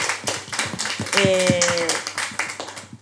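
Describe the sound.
A crowd applauds with dense, steady clapping lasting the whole stretch, fairly loud, with a brief tonal voice or whistle rising out of it midway.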